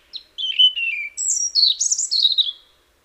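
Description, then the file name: European robin singing a varied phrase of liquid warbles that drop in pitch, then jump to very high thin notes before falling away, with no other sounds. "Erithacus rubecula"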